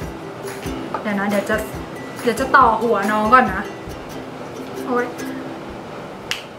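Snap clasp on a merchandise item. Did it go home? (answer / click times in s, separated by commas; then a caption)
yes / 6.3 s. During a merchandise unboxing, a snap clasp on a merchandise item, probably plastic, is pressed until it locks. Music plays and someone talks, and a sharp click at 6.3 s marks the clasp seating in its lock.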